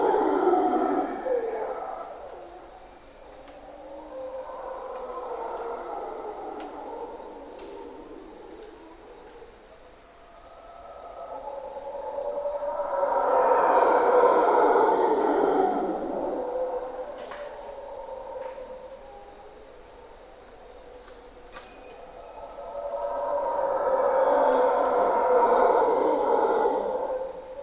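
Mantled howler monkeys roar in rough, swelling waves, loudest around 14 and 25 seconds, with a softer bout near the start. Under them runs a constant high, pulsing insect trill, and a few brief chirps come through between the howls.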